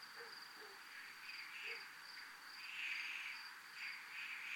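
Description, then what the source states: Cricket chorus: a thin, high pulsing trill runs throughout while louder, lower rasping swells come and go. Recorded in a military zone.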